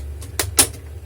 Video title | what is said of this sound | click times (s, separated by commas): Samsung 300E NP300E5A-A01DX Screen Replacement procedure | the edges in New York you should hear all click back together so let's do part of it which was fairly easy so just | 0.4 s